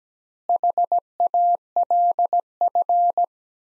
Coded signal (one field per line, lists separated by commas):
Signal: Morse code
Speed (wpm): 17 wpm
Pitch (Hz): 700 Hz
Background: none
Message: HALF